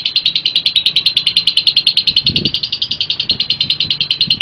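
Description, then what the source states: Lovebird song: a fast, regular trill of bright, piercing notes held at a steady pitch. Recording offered as a master track for training other birds.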